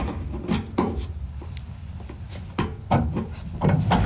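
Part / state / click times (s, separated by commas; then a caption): drain tube onto truck bed cover canister drain fitting / not seated / none. A rubber drain tube is pushed onto the drain fitting of a truck bed cover canister during the bed cover install, with rubbing and scraping handling noises and sharp knocks around 0.8 s and 3.9 s. Nothing has clicked into place yet, and the tube is barely holding on the fitting.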